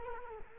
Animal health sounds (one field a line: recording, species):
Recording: mosquito wingbeat signal from an infrared sensor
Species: Culex quinquefasciatus